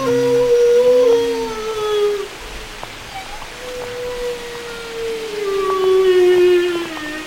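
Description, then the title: Whale song of long gliding tones sliding gently downward, short arched calls and faint high whistles, set over continuous background hiss. Whale songs said to carry messages used in communication and social life. "Whale Wisdom: Understanding the Language of the Deep"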